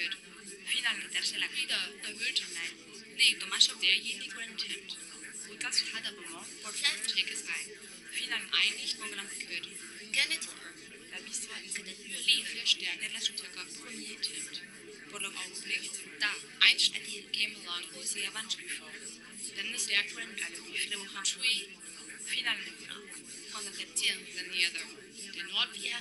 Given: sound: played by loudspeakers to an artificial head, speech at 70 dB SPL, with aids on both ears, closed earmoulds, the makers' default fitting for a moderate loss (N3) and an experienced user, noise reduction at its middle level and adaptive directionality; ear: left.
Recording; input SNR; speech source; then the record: speech test signal (ISTS) in cocktail-party noise; -6 dB; in front (0 degrees)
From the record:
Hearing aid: class 2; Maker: J